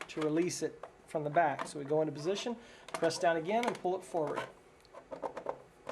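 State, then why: Seated. Someone talks while the reciprocator assembly of an HM/D-1501C embroidery machine is set into its notches on the machine head, pressed down and pulled forward. A cluster of short, sharp hits follows from about 4.9 s, and the assembly latches and locks into place with the loudest click at 5.5 s.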